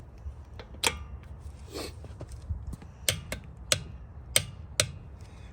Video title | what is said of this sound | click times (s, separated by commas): How to Change/Swap your car Tire | when you hear that click sound that means it has got enough torque | 4.8 s